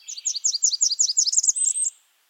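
Blackburnian Warbler song: a very high, thin series of paired notes repeated rapidly, ending in a higher note.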